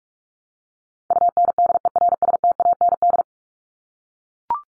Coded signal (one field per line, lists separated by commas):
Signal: Morse code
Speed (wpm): 44 wpm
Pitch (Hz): 700 Hz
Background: none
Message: UNDERSTAND